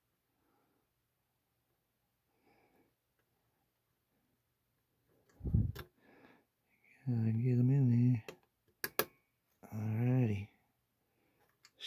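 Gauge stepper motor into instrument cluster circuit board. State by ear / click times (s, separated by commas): seated / 8.8 s, 9.0 s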